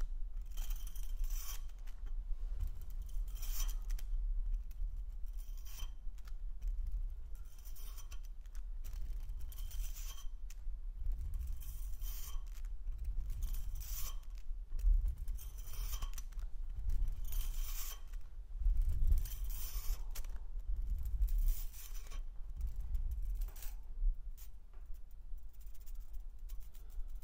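A metal toy is handled and played with, giving off repeated bright clinks, scrapes and rattles in short bursts every second or two. Under the handling runs a steady low rumble that stays level throughout, with a few slightly louder knocks around the middle.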